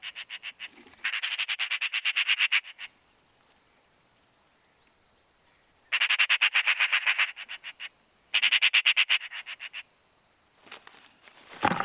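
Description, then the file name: Eurasian magpie giving harsh rattling chatter, rapid notes in several long runs separated by pauses, then a rougher sound at the end. "Pica pica"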